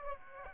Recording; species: mosquito wingbeat signal from an infrared sensor; Aedes aegypti